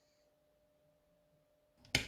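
A modified battery pack with a velcro strap attached is pushed into the battery bay of a Mavic Mini drone, and it clicks into place. A faint steady tone hums underneath, a small tap comes at 1.9 s, and then a sharp, loud click lands at 2.0 s as the battery seats.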